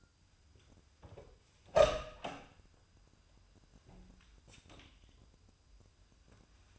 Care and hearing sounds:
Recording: daily activity, microphone in the room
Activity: open door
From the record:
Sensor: 2

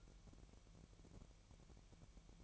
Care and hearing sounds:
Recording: daily activity, microphone in the room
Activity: take from stove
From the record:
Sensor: 1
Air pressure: 1012.1 hPa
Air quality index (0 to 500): 221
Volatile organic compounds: 5 ppm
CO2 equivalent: 1767 ppm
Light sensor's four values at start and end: 65/155/65/67 and 65/155/65/67

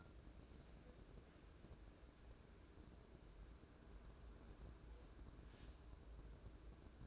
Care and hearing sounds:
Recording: daily activity, microphone in the room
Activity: wipe stove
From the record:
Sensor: 2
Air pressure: 1012.2 hPa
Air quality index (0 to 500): 157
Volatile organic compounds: 2 ppm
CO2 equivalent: 1147 ppm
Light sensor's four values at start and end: 440/1153/432/462 and 442/1154/433/463

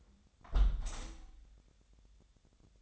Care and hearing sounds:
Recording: daily activity, microphone in the room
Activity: close window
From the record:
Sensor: 3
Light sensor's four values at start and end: 9/22/9/9 and 9/22/9/9

